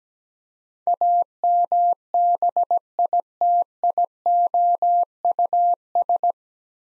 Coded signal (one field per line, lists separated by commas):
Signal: Morse code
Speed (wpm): 17 wpm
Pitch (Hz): 700 Hz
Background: none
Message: AMBITIOUS